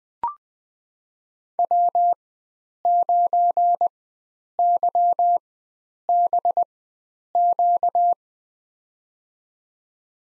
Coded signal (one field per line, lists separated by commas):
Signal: Morse code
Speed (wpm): 20 wpm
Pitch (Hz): 700 Hz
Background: none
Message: W9YBQ